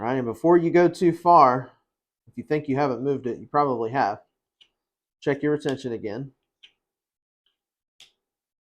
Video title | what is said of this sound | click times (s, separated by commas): Adjusting A Kxdex Sheath with Very Good Knife Co! | see now we got that nice little click | 8.0 s